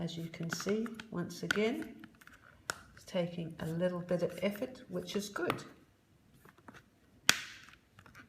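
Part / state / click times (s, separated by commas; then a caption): waterproof cover onto device housing / seated / 7.3 s. A waterproof cover is pressed by hand onto a device housing, taking a little effort, while someone talks. A single sharp snap at 7.3 seconds marks the cover seating into place.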